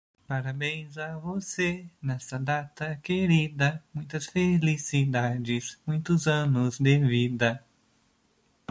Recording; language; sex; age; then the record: short text; Brazilian Portuguese; male; 20 to 29 years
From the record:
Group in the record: control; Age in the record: 28 years